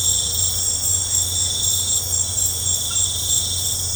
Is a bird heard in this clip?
no